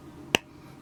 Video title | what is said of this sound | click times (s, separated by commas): Schleich - Eldrador Creatures - Ice Dragon - catalog number # 70139 - review | but it just snaps in place | 0.3 s